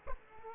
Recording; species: mosquito wingbeat signal from an infrared sensor; Culex quinquefasciatus